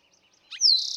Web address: songs Eastern Towhee